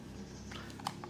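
The trigger safety lock on the bottom of the spray gun of a Multipro HPC 1107 LT high-pressure cleaner is switched against a low, steady background hum. A sharp click at 0.9 s, with smaller ticks just before and after, marks the lock releasing to unlocked.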